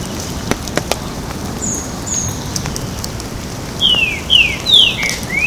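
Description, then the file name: Green-winged saltator song: a short phrase of four or five clear whistled slurs, some falling and the last rising, near the end, over steady crackling patter; faint high thin notes earlier. Recorded at a botanical garden in Porto Alegre on 18 October 2014. "Saltator-similis 1-Jd Botanico POA-18-10-14-ASilveira"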